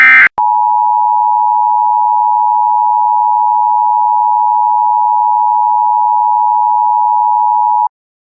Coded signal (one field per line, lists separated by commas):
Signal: Emergency Alert System (SAME) tones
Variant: 853 and 960 Hz attention tone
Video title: EAS Bombing scenario Part 2